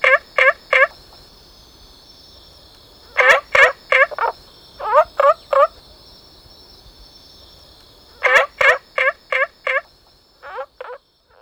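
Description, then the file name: Olive frog calling in bursts of several short gobbling notes separated by pauses of a few seconds, a continuous high buzzing hum throughout. "Rana adenopleura"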